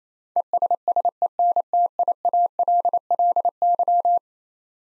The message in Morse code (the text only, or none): ESSENTIALLY